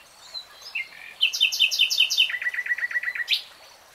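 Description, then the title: Nightingale song: soft opening notes, then loud fast repeated clicking notes that shift into a lower rolling trill before a rising end note. Real-time recording of a nightingale singing. "[Tiếng chim hót] 3 Hours REALTIME Nightingale Singing"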